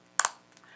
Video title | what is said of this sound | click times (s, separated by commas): Hasbro Star Wars Black Series 6" Scale R2-D2 Figure Video Review | the head Clicks in place that allows you to still move the head left and right and it doesn't really bring the leg back up so you can bring that leg down | 0.2 s